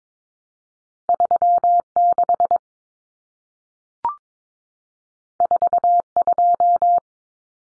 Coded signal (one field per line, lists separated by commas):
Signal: Morse code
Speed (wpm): 22 wpm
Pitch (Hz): 700 Hz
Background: none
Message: 36 42